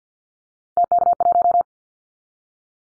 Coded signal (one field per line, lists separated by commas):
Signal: Morse code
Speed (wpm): 51 wpm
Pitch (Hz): 700 Hz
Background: none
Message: TK1